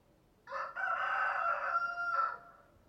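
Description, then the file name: Chicken crow from a rooster, one loud hoarse call with a choppy opening and a drawn-out ringing middle, ending abruptly after about two seconds. "Rooster Crowing Sound"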